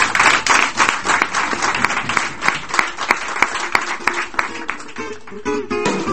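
An audience breaks into sustained applause, many hands clapping in a dense, steady patter with a few sharper individual claps standing out, tapering slightly toward the end as other sound creeps in.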